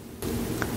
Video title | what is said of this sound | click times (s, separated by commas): How to Thread a Consew 226 Industrial Sewing Machine Thread a Commercial Sew Machine like 206rb Juki | and lift that thread until you hear it click okay | 0.6 s